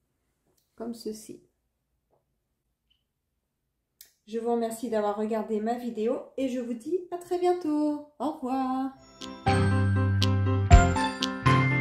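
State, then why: Seated. A clip-on pompom is snapped onto its fastener, which is sewn to the top of a knitted mohair hat, and it seats with a single sharp click at 4.0 s. Someone talks before and after the click, and music plays toward the end.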